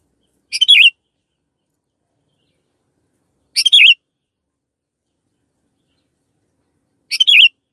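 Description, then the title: Canary giving three brief, high twittering bursts a few seconds apart, with silence between them. Long-duration recording meant as a master for training birds. "Kicauan Kenari"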